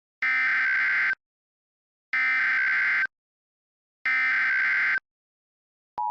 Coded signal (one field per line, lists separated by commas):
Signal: Emergency Alert System (SAME) tones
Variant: header bursts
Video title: EAS Scenario - Sanrio Invasion (REUPLOAD)